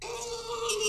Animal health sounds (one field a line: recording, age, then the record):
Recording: pig call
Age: weaner (32 to 43 days)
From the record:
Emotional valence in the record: negative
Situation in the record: short isolation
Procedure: open field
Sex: female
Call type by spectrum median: high-frequency call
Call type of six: high-frequency stable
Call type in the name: high-frequency stable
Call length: 0.89 s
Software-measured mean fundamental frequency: 444 Hz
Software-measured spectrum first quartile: 563 Hz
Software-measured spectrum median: 2239 Hz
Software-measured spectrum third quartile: 4759 Hz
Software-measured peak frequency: 444 Hz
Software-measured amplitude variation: 125 dB a second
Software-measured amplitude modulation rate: 22.5 a second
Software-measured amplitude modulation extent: 5.6 dB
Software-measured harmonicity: 7.0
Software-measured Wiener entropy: -2.27